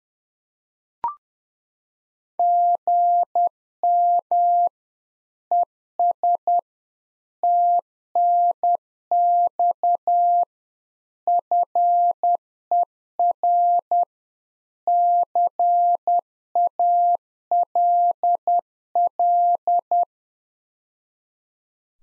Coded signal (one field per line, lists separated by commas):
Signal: Morse code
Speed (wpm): 10 wpm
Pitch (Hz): 700 Hz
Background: none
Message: GM ES TNX FER CALL